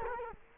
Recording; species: mosquito wingbeat signal from an infrared sensor; Culex quinquefasciatus